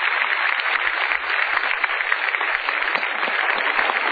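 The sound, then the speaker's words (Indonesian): The studio audience of the Mario Teguh Golden Ways show applauds steadily for about four seconds, a dense, even wash of many hands clapping at once, with no voices heard over it. “Kita berikan tepuk tangan.”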